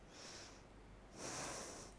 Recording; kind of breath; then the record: one breath in and out by a microphone near the nose and mouth; deep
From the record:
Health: marked as sick, illness not named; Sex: female